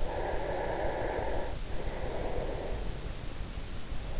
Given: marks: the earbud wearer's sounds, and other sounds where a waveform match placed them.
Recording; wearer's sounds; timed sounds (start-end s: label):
sounds in sleep by an in-ear microphone; breath
0.05-3.05 s: breath